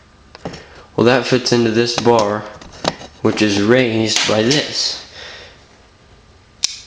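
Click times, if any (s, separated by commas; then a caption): 6.6 s. Someone talks while a notch on the bottom of a folding implement is pushed into the raised locking bar of a metal Leatherman Wave multitool. After the talk fades, a sharp click at 6.6 s marks the blade lock seating into place.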